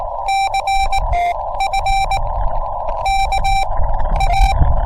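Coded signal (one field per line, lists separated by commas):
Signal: Morse code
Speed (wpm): 18 wpm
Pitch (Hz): 780 Hz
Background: none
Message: CF KA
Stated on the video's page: POTA park activation, CW sent on a straight key from a Yaesu FT-891 at 25 watts into a Wolf River Coils Take-It-Along antenna.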